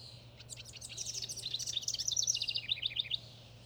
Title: House Wren